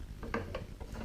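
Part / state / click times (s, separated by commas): rear hatch into the hull of a model boat / seated / 0.3 s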